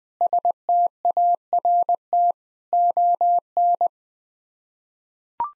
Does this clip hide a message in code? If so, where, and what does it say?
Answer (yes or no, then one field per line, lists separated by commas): yes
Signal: Morse code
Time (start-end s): 0.2-3.9 s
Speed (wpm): 20 wpm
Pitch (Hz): 700 Hz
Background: none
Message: START ON